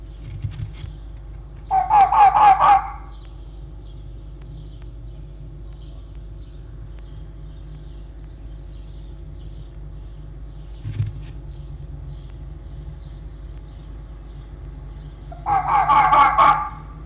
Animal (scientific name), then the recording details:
Vulpes vulpes. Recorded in captivity. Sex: male. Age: adult. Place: Zoologisches Institut der HUB, Berlin, DE. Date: 1956-02-20 14:20. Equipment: Elmetra. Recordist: Tembrock, Günter